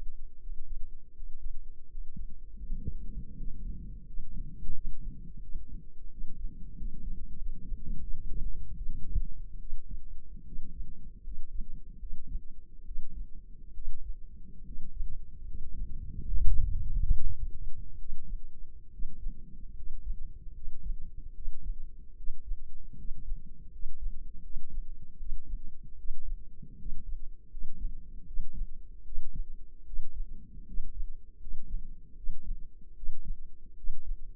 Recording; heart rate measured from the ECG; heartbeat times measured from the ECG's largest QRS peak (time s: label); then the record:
heart sounds by microphone in the left ear; 77 bpm
0.39 s: heartbeat
1.12 s: heartbeat
1.87 s: heartbeat
2.62 s: heartbeat
3.33 s: heartbeat
4.03 s: heartbeat
4.71 s: heartbeat
5.39 s: heartbeat
6.07 s: heartbeat
6.74 s: heartbeat
7.35 s: heartbeat
7.98 s: heartbeat
8.73 s: heartbeat
9.57 s: heartbeat
10.42 s: heartbeat
11.21 s: heartbeat
11.97 s: heartbeat
12.83 s: heartbeat
13.71 s: heartbeat
14.62 s: heartbeat
15.43 s: heartbeat
16.27 s: heartbeat
17.09 s: heartbeat
17.96 s: heartbeat
18.89 s: heartbeat
19.73 s: heartbeat
20.52 s: heartbeat
21.32 s: heartbeat
22.13 s: heartbeat
22.94 s: heartbeat
23.69 s: heartbeat
24.40 s: heartbeat
25.16 s: heartbeat
25.95 s: heartbeat
26.75 s: heartbeat
27.47 s: heartbeat
28.24 s: heartbeat
29.02 s: heartbeat
29.83 s: heartbeat
30.63 s: heartbeat
31.37 s: heartbeat
32.13 s: heartbeat
32.93 s: heartbeat
33.73 s: heartbeat
From the record:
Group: healthy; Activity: breath hold 0-2 s, rest 2-34 s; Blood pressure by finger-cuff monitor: 112/66 mmHg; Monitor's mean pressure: 76 mmHg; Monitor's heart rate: 77 bpm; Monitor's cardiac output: 5.6 L/min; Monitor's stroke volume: 74 mL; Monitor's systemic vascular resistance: 1000 dyn s/cm5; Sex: male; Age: 20 years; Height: 167 cm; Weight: 61 kg